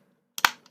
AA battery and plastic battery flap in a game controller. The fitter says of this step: click the battery in battery flap snap shut